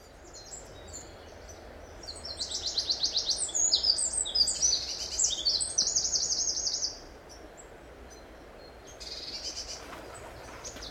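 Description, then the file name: Eurasian wren giving a high, rapid trilled song for several seconds, then a fainter short burst later, over background hiss. "Troglodytes troglodytes"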